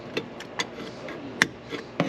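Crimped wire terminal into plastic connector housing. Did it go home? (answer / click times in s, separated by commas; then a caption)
yes / 1.4 s. A crimped metal wire terminal with side locking tangs is pushed into a plastic connector housing during fuse panel wiring on a 1966 Dart. A few faint ticks lead up to one sharp click at 1.4 s, followed by a softer tick at 2.0 s. The terminal is seated in the housing.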